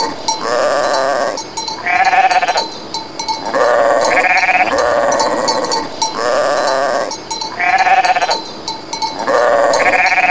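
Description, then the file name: Goat bleating almost nonstop, loud wavering nasal cries one after another, with faint metallic clinks over a steady background. "kozy"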